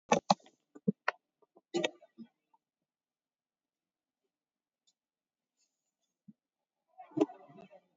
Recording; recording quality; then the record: shallow breathing; poor, much background noise or distortion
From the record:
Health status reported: COVID-19 positive, moderate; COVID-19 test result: positive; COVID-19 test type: RT-PCR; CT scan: taken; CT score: 17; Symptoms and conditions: cough, cold, fatigue, asthma, hypertension, diabetes, another condition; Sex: female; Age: 56 years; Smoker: no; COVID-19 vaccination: one dose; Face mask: worn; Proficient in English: yes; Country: India